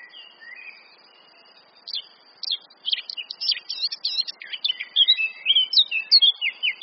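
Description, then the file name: Eurasian blackcap song: a soft quiet start, then a fast scratchy chatter building into loud, clear whistled warbling notes. "Sylvia atricapilla"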